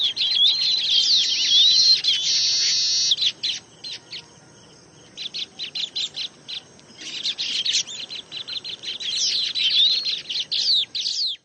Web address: Baya Weaver